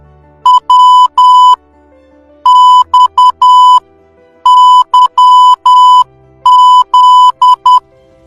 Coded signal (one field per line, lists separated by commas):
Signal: Morse code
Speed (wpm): 10 wpm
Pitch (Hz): 1000 Hz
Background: music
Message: W X Y Z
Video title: LEARN MORSE CODE IN ONE MINUTE #1ksubscribers #500